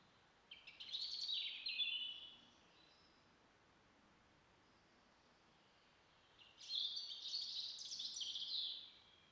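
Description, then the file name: European robin song: two thin, high warbled phrases of sliding notes, separated by about four seconds of quiet, with a faint steady hiss. "Erithacus rubecula"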